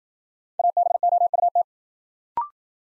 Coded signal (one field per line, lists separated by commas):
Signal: Morse code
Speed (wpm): 53 wpm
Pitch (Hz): 700 Hz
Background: none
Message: ABOUT